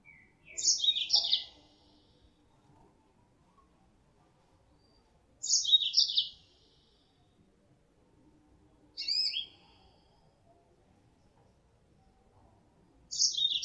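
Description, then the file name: Mozambique canary calls, short high twittering bursts several seconds apart, four phrases in all, quiet between them. Female Mozambique canary; lure sound used to attract birds. "suara pancingan mozambik betina"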